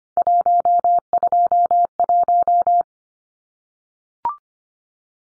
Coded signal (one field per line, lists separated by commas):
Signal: Morse code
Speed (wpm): 25 wpm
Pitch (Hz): 700 Hz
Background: none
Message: 121